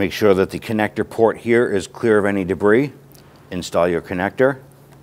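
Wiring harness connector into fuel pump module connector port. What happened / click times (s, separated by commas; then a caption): Handled, not yet home: connector being readied, no seating snap heard / none. Someone talks while a wiring harness connector is handled at the fuel pump module connector port of a 2011-2019 Ford Explorer 3.5L during fuel pump and transfer unit replacement, after the port is checked for debris. There is mostly speech with quiet gaps and no sharp transients. The connector has not seated or clicked into the port yet.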